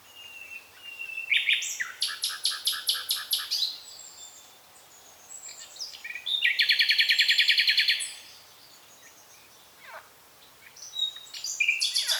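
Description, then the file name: Common nightingale song: varied phrases with rapid repeated high notes, a loud rapid trill in the middle, then quick chattering notes. "Luscinia megarhynchos"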